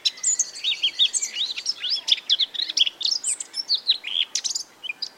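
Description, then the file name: Eurasian blackcap song: a continuous, rapid warble of looping whistled notes over a steady background hiss. "Sylvia atricapilla"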